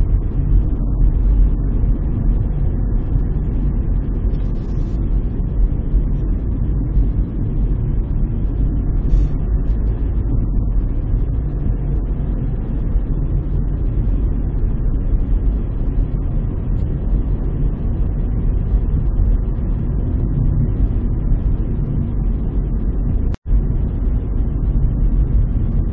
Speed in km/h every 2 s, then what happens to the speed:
43, 44, 41, 40, 42, 44, 44, 45, 46, 46, 45, 45, 44.
0-26 steady at about 44.